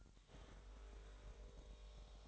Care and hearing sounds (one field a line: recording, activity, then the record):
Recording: daily activity, microphone in the room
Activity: make coffee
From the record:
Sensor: 3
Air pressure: 1002.0 hPa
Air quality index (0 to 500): 247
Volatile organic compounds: 51 ppm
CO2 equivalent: 3311 ppm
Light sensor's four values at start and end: 12/37/16/13 and 12/37/16/13